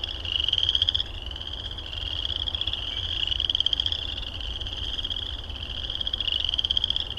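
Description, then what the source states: Frogs calling in overlapping buzzy trills that rise and fall in loudness every few seconds, with a low rumble underneath. Recorded at Heartland Meadows.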